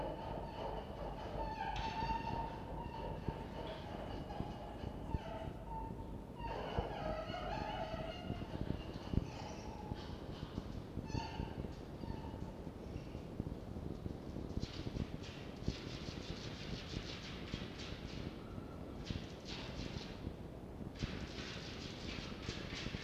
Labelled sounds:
Red Fox
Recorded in captivity
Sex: group
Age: adult
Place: Zoologisches Institut der HUB, Berlin, DE
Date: 1952-04-27 12:10
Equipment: Elmetra
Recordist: Tembrock, Günter

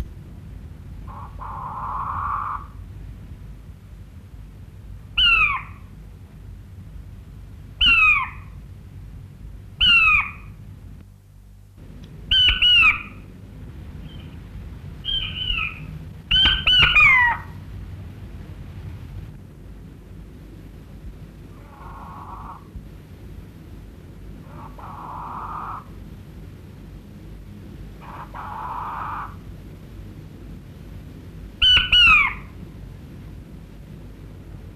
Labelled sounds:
King Quail call
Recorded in captivity
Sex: male
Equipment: Halbspur, 9,5 cm/s
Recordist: Lütgens, Hans

